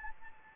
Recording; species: mosquito wingbeat signal from an infrared sensor; Anopheles gambiae